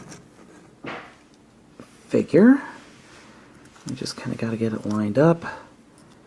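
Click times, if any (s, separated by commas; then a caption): none. A plastic gun magazine accessory is being lined up with its grooves and handled against a transforming robot toy figure while someone talks. Only faint handling ticks and small plastic taps are heard between the speech. Nothing has seated or clicked yet.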